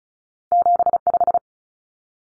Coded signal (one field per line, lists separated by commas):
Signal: Morse code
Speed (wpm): 34 wpm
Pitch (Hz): 700 Hz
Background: none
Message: 75